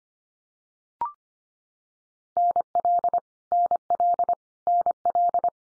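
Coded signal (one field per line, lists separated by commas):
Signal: Morse code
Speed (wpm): 25 wpm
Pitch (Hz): 700 Hz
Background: none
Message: NL NL NL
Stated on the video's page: Head-copy drill of Canadian provinces and territories at 25 wpm, each sent, spoken, then sent again.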